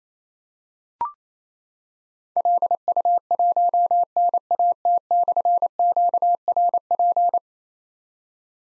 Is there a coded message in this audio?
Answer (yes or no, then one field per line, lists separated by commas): yes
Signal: Morse code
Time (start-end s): 2.4-7.4 s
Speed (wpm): 27 wpm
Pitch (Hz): 700 Hz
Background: none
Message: LU1NAT/QRP